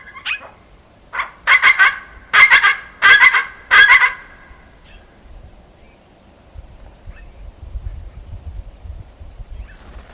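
Tibetan eared pheasant giving several loud, coarse honking calls in quick succession, followed by near silence with faint low background noise.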